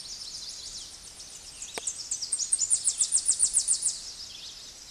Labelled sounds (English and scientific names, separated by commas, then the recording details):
Tennessee Warbler (Leiothlypis peregrina) song
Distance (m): 15 m
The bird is about 10 m above the microphone
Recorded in a Pennsylvania forest on 16 May 2024 at 09:56
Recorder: AudioMoth, point MSD-0407
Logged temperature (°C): 15.8 °C
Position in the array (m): 68 m, 164 m